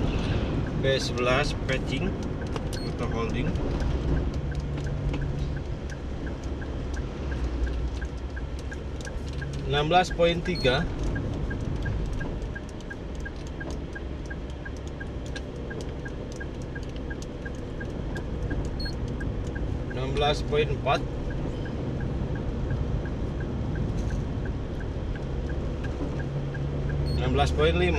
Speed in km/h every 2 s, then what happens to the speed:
48, 47, 47, 46, 45, 43, 43, 44, 44, 44, 43, 43, 41, 39.
0-28 slows to 39.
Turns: none.